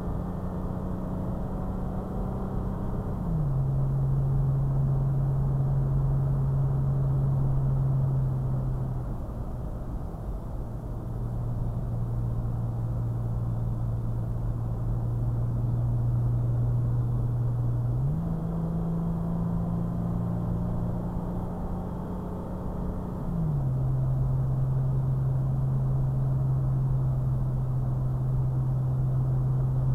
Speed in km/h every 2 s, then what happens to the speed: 64, 69, 71, 72, 68, 64, 61, 60, 61, 64, 66, 66, 71, 69, 71.
0-5 speeds up to 72. 5-13 slows to 60. 13-24 speeds up to 71. 24-30 steady at about 71.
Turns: none.